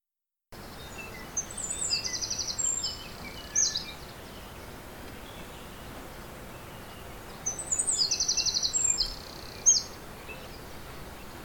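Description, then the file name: Eurasian wren giving two very high, rapid trilled bursts separated by a pause of several seconds, over a faint steady background hiss. "Troglodytes troglodytes"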